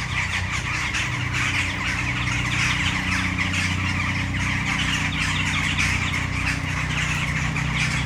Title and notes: Brno-střed-Brno-město, Česko - Western jackdaws at sunset. A tree full of jackdaws in the city center of Brno